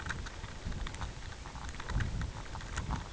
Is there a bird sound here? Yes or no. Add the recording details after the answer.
no. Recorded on Arctic tundra, site UTQI-5, on 16 June 2019. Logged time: 02:00